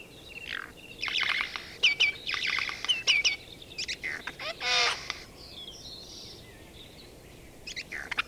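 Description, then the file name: Eurasian jay giving scratchy, buzzy rasps with short whistled slurs and clicks; one longer grating screech near the middle, then a quieter stretch. "Garrulus glandarius"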